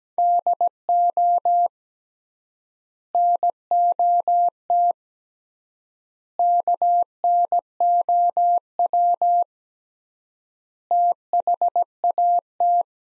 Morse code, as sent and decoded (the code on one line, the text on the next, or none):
-.. --- / -. --- - / -.- -. --- .-- / - .... .- -
DO NOT KNOW THAT